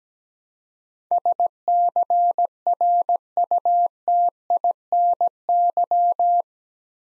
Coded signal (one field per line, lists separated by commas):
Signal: Morse code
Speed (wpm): 17 wpm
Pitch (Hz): 700 Hz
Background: none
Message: SCRUTINY